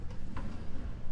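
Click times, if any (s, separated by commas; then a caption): 0.4 s. An RV interior pocket door in a 2020 Grand Design Reflection 150 Series 268BH fifth wheel is slid to the end of its travel, where its magnetic catch on the door frame holds it. A short, soft click sounds at 0.4 s over a steady low background rumble. The door locks in place.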